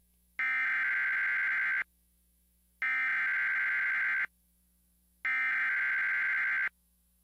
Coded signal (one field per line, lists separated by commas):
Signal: Emergency Alert System (SAME) tones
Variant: header bursts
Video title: EAS and Weatherscan - Severe Thunderstorm Warning - 8:25pm 12/23/2015